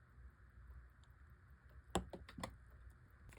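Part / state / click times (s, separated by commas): small metal cap on a watch movement / seated / 2.0 s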